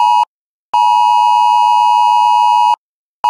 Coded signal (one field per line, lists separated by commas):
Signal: Emergency Alert System (SAME) tones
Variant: 853 and 960 Hz attention tone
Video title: 2023 National Emergency Alert System TEST - National EAS Test - Wireless Emergency Alert Test